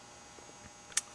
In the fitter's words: snapped back on as a piece that snaps on here